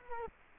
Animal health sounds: mosquito wingbeat signal from an infrared sensor; Culex quinquefasciatus

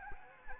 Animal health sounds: mosquito wingbeat signal from an infrared sensor; Anopheles gambiae

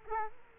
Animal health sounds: mosquito wingbeat signal from an infrared sensor; Culex quinquefasciatus

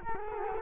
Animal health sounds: mosquito wingbeat signal from an infrared sensor; Culex quinquefasciatus

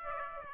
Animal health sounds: mosquito wingbeat signal from an infrared sensor; Aedes aegypti

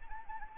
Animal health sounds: mosquito wingbeat signal from an infrared sensor; Anopheles arabiensis

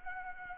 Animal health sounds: mosquito wingbeat signal from an infrared sensor; Anopheles arabiensis

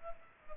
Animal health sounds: mosquito wingbeat signal from an infrared sensor; Culex pipiens

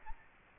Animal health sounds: mosquito wingbeat signal from an infrared sensor; Aedes albopictus

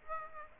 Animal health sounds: mosquito wingbeat signal from an infrared sensor; Aedes aegypti

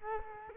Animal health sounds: mosquito wingbeat signal from an infrared sensor; Culex quinquefasciatus

